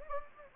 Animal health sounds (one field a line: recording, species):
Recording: mosquito wingbeat signal from an infrared sensor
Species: Anopheles gambiae